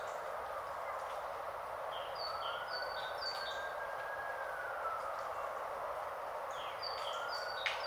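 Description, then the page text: Great tit song: two phrases of repeated paired notes, high then low, separated by a pause, over a continuous hiss of rain. Heard outside a window on a grey, rainy Saturday, 8 January 2022; described as a herald of spring. "Fiona Dunn's Podcast. Great Tit in the Rain on 8 Jan 2022"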